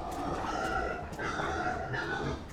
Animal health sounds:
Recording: pig call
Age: growing-finishing pig (85 days or more)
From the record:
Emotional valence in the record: positive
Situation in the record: run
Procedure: transit

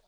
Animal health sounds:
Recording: pig call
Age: piglet (1 to 25 days)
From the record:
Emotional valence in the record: positive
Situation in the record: reunion after long isolation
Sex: male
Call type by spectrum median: low-frequency call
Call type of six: low-frequency tonal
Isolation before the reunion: 8 minutes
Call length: 0.07 s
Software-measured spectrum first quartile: 342 Hz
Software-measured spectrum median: 1023 Hz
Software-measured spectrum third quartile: 5085 Hz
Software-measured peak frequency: 625 Hz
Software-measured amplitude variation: 73 dB a second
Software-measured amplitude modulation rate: 6.7 a second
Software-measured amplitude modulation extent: 10.8 dB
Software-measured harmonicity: 1.5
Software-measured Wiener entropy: -1.59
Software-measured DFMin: 1003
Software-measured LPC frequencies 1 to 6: 666, 1434, 2471, 3555, 4262, 4717 Hz

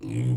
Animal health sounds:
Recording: pig call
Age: weaner (32 to 43 days)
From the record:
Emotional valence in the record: negative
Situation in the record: novel object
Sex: female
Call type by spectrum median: low-frequency call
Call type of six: low-frequency stable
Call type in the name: low-frequency stable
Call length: 0.37 s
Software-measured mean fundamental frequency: 59 Hz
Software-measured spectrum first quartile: 123 Hz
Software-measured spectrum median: 161 Hz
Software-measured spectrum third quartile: 323 Hz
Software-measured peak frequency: 124 Hz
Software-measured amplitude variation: 86 dB a second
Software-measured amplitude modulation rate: 32.8 a second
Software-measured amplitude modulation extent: 2.6 dB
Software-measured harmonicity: 5.1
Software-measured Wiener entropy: -0.56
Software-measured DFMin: 1186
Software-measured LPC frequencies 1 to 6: 2305, 3153, 4100, 5405, 7647, 8319 Hz

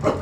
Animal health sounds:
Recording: pig call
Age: growing-finishing pig (85 days or more)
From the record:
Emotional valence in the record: positive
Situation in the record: run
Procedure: transit

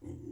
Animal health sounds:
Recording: pig call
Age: weaner (32 to 43 days)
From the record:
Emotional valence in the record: negative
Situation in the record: negative conditioning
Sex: female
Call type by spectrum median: low-frequency call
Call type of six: low-frequency stable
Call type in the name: low-frequency stable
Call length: 0.32 s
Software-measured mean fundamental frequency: 42 Hz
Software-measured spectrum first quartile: 112 Hz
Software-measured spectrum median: 247 Hz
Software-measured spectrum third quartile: 344 Hz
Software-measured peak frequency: 286 Hz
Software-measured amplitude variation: 206 dB a second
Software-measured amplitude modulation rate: 28.0 a second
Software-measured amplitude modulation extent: 7.4 dB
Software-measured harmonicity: 0.8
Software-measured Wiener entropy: 0.86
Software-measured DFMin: 1235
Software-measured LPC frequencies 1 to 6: 316, 2050, 3042, 5031, 6095, 6763 Hz

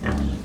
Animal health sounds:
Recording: pig call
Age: growing-finishing pig (85 days or more)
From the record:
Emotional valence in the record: positive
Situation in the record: enriched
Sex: female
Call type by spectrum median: low-frequency call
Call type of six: low-frequency stable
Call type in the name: low-frequency modulated, not sure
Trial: 2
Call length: 0.45 s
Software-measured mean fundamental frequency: 37 Hz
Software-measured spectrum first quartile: 119 Hz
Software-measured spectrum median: 258 Hz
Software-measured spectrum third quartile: 878 Hz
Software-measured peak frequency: 203 Hz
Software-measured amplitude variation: 137 dB a second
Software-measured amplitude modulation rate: 27.7 a second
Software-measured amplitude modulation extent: 4.9 dB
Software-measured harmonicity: -2.1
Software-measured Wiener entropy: -1.51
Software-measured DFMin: 704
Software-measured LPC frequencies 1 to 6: 1106, 1810, 2785, 5390, 6207, 10135 Hz

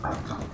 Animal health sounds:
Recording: pig call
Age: growing-finishing pig (85 days or more)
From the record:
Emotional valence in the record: positive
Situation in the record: run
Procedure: transit

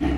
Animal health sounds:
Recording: pig call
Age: growing-finishing pig (85 days or more)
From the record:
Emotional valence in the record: negative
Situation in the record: barren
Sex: female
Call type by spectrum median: low-frequency call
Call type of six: low-frequency stable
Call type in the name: low-frequency stable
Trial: 2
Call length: 0.19 s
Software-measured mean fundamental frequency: 51 Hz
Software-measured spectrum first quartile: 126 Hz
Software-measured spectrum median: 279 Hz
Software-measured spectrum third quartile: 480 Hz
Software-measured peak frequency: 303 Hz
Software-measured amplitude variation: 101 dB a second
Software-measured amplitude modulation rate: 24.1 a second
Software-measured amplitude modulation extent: 4.2 dB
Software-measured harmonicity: 1.4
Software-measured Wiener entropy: -0.74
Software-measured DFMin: 547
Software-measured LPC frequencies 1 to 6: 312, 1904, 2959, 4060, 5078, 5992 Hz

